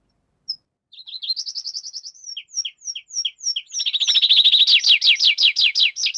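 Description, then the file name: Tree Pipit song: a short note, then a trill, a string of high downslurred whistles paired with lower notes, and finally a loud, fast series of repeated slurred notes. "Animal Tree Pipit"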